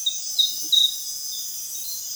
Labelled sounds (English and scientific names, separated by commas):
none